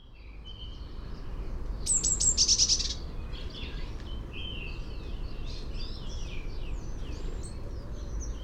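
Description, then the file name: Eurasian blue tit song: a few very high, thin introductory notes followed by a quick trill, with other birds chattering softly and a steady low rumble. "Cyanistes caeruleus"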